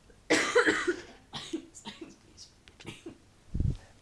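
A loud harsh cough, then a string of softer, shorter coughs: a brief, slight coughing fit in an adult.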